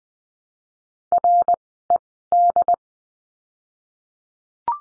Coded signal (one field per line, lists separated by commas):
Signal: Morse code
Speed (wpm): 20 wpm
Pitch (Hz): 700 Hz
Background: none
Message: RED